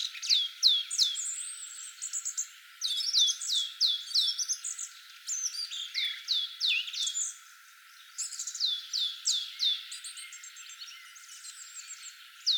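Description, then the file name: Great tit calling in repeated bursts of sharp, down-swept high notes, mixed with thinner chirps. "Parus major"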